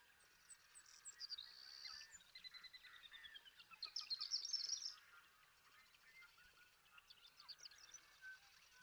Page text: The joy of western meadowlark songs. Come along with me to Sierra Valley in eastern California where, during 2018, I just couldn't get enough of them